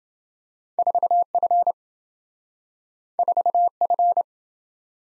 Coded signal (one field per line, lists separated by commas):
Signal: Morse code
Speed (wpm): 27 wpm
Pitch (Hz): 700 Hz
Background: none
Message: 4F 4F